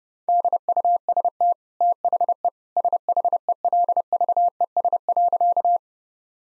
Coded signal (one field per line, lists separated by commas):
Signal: Morse code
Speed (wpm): 30 wpm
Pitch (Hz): 700 Hz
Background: none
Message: DUST THE SHELVES.